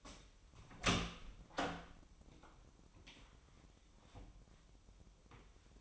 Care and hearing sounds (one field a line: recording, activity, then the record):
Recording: daily activity, microphone in the room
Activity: open door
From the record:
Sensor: 1